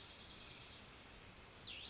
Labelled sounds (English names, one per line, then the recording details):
Cassin's Vireo
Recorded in Sonoma County, California